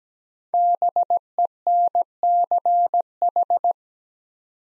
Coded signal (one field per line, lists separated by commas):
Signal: Morse code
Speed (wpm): 17 wpm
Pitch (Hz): 700 Hz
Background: none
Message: BENCH